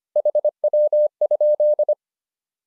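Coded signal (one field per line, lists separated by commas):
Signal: Morse code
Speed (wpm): 25 wpm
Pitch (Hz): 600 Hz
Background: none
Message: HW?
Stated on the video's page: Morse lesson drilling the abbreviation HW?, a rubber-stamp QSO phrase.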